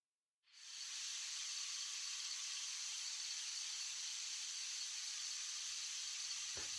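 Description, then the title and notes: Cicadas singing in a steady, dense, high hiss that starts after a brief silence and holds without a break, with a faint click near the end. Cicadas singing outdoors on a warm summer night. "17 Minute Rosary - MONDAY - Joyful - CICADA SONG. soothing outdoor sounds of cicadas singing on a warm summer night"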